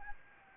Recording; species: mosquito wingbeat signal from an infrared sensor; Anopheles gambiae